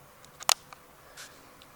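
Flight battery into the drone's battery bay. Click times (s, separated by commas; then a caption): 0.5 s. A flight battery is placed into the rear battery bay of a Ruko F11GIM2 drone and pushed down until it latches, with a sharp, bright click at 0.5 s. Softer taps come before and after it, around 0.2, 0.4, 0.7 and 1.6 s, along with a faint brief rustle near 1.2 s. The battery is seated in its bay.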